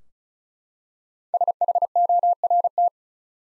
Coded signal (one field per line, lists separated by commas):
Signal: Morse code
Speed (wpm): 36 wpm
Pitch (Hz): 700 Hz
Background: none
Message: SHORT